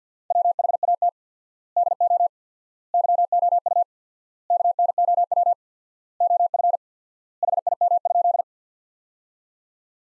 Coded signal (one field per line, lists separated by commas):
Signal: Morse code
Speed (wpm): 50 wpm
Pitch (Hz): 700 Hz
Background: none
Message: WHAT DO YOU KNOW OF HIM?